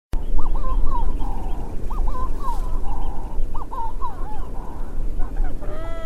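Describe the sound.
Bird calling with nasal, honking notes, given in three quick bursts of rising and falling cries about every second and a half, over a steady low rumble.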